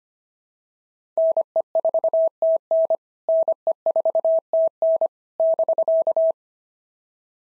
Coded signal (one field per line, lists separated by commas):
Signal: Morse code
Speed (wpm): 25 wpm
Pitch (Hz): 650 Hz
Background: none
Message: NE4TN NE4TN <BK>